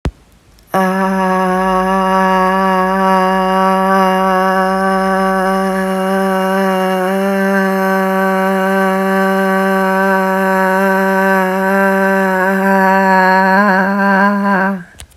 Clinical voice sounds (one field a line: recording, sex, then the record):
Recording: sustained vowel /a/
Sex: female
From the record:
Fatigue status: no fatigue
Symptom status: symptomatic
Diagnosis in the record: COVID-19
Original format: m4a